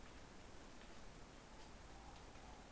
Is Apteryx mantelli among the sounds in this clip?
no